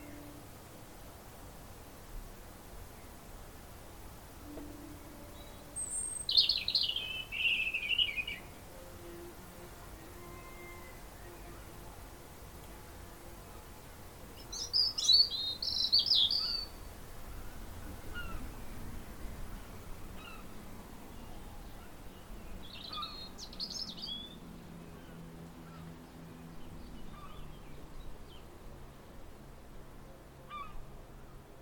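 Birds chirp in short bright bursts around six, fifteen and twenty-three seconds over a steady low rumble, with faint murmuring in between.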